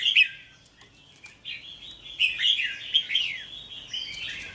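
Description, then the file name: Red-whiskered bulbul song: a run of rolling, slurred whistled notes, loud at the start, then a steady chattering warble. "Tieng chao mao hot che"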